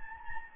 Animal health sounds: mosquito wingbeat signal from an infrared sensor; Anopheles gambiae

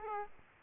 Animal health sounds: mosquito wingbeat signal from an infrared sensor; Aedes aegypti

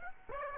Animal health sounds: mosquito wingbeat signal from an infrared sensor; Aedes aegypti

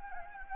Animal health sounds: mosquito wingbeat signal from an infrared sensor; Anopheles gambiae

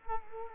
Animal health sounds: mosquito wingbeat signal from an infrared sensor; Culex quinquefasciatus

